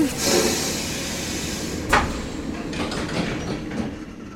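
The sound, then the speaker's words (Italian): A train rumbles steadily along the rails, a broad low roar with scattered clanks and one sharp metallic clack partway through, then irregular rattling knocks as it rolls on. “Io rimango, sempre sul treno.”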